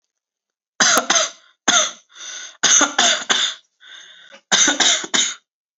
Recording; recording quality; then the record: shallow voluntary cough; excellent, no background noise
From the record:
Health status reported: exposed to COVID-19, no respiratory illness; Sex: male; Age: 19 years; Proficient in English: yes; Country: India